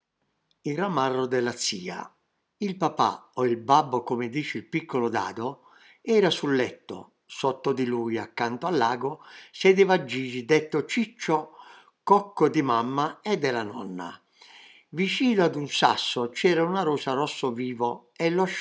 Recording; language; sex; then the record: read passage; Italian; male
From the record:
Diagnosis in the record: healthy control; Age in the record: 77 years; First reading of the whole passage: 68 s, 7.6 characters per second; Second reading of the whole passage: 60 s, 8.3 characters per second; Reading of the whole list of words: 67 s, 4.2 characters per second